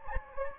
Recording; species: mosquito wingbeat signal from an infrared sensor; Anopheles gambiae